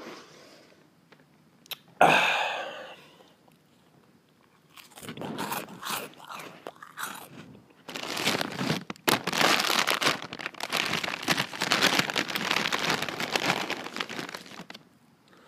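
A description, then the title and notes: Someone eats from a bag of chips right up close. A loud crinkle of the bag near two seconds gives way to quiet, then bursts of crunching and rustling from about five seconds, growing dense and steady from eight seconds to the end. Eating a bag of chips close to my mic.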